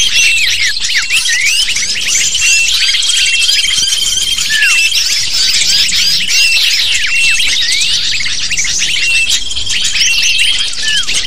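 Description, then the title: Lovebirds chattering as a crowded flock: sharp high squeaks and chirps overlapping continuously, plus faint sustained whistle tones near the start and end. Lure sound used to attract lovebirds. "PIKAT BURUNG LOVEBIRD"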